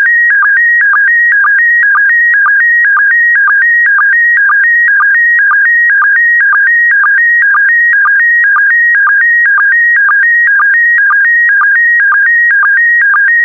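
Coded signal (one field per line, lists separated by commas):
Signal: SSTV (slow-scan television)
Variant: PD120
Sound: steady warbling tone alternating between two pitches, with a short low blip about twice a second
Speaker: complete. You can now check your decoded image against the picture that is shown on the video.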